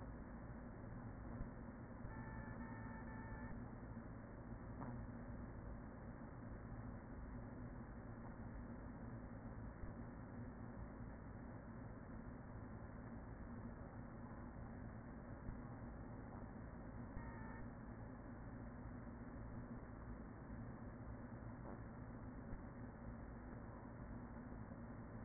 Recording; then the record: honeybee colony, microphone inside the hive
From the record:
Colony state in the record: queen present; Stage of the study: after two queens were removed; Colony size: about 40,000 bees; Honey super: no